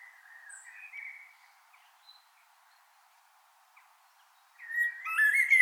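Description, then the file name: Common blackbird singing a soft, drawn-out fluty warble, followed after a quiet gap by a sudden loud burst of high, squeaky twittering notes. "Turdus merula"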